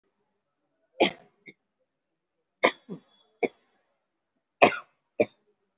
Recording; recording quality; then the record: heavy voluntary cough; excellent, no background noise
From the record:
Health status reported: respiratory illness, not identified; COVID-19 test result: not tested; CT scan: taken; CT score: 0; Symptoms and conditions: cough, cold, pneumonia, hypertension, diabetes, another condition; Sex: female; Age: 68 years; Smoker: no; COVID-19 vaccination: none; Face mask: not worn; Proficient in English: no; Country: India